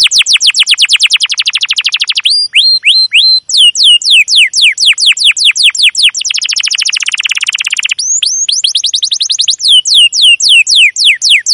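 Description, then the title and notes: Canary song made of long, fast series of descending chirps, briefly broken by rising whistled notes, nearly continuous throughout. Domestic canary chirping song used as a lure and master recording to train young canaries to learn sounds. "CUIT CUIT NGEROL LANGSUNG GACOR PANJANG Kenari Ini AMPUH Utk Pancingan KENAR. PANCINGAN Kenari GACOR PANJANG Cuit CUIT EMOSI ini AMPUH utk MASTERAN Kenari PAUD belajar BUNYI. burung kenari"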